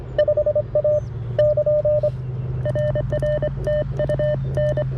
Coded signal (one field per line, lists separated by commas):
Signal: Morse code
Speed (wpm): 24 wpm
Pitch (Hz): 600 Hz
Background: none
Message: 5A <KN> RR TU N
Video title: CW POTA with the CFT-1 QRP radio, WRC antenna, and Begali Expedition key